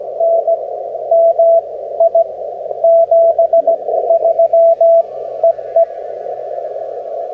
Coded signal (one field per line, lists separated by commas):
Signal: Morse code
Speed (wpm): 16 wpm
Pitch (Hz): 670 Hz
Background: radio noise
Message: NMI 73 EE